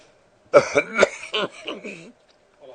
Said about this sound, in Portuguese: Sim, aproximado, eles podem participar da minha tosse, espirros, etc., com mais dramaticidade, né?